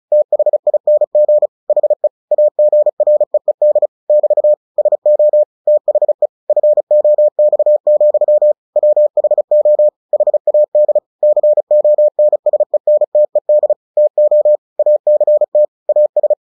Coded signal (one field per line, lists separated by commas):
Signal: Morse code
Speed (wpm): 36 wpm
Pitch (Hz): 600 Hz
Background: none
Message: THING HE AGREED <BT> SO THE FOX, WHO HAD CONSENTED TO ACT AS